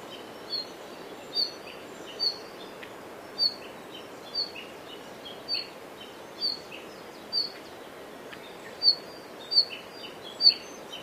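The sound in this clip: Red-flanked bluetail giving sharp, high single notes at an uneven pace, roughly one a second, with softer lower chirps and constant background hiss.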